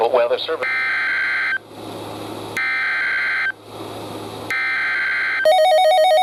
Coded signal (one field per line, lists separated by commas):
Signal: Emergency Alert System (SAME) tones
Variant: header bursts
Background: speech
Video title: A Bit of a Stormy Birthday - EAS Alerts From 6/25/2025 - 6/26/2025 (EAS #518-536)